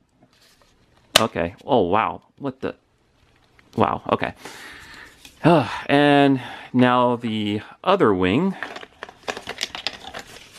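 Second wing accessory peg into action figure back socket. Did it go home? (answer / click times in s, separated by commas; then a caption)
yes / 9.9 s. Someone talks while pushing the other plastic wing's peg into the socket on an action figure's back. A short run of sharp plastic ticks leads to a loud snap at 9.9 s. The wing seats firmly and sounds very secure.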